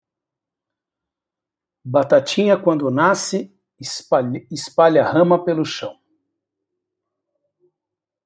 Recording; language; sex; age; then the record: short text; Brazilian Portuguese; male; 50 to 59 years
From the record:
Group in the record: control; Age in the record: 53 years